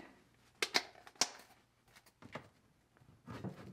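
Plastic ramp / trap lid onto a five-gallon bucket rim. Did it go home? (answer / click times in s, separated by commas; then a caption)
yes / 0.6 s, 1.2 s. A plastic mouse-trap lid and ramp are snapped onto the rim of a five-gallon bucket, giving sharp plastic clicks at 0.6 s and 1.2 s, with smaller ticks and some handling rustle around them and near the end. The part locks into place and is seated on the bucket.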